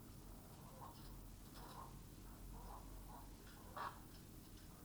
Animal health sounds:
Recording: poultry house recording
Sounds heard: healthy chickens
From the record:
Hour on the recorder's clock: 21

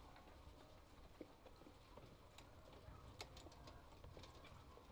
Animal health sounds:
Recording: poultry house recording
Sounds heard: healthy chickens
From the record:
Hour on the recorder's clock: 17

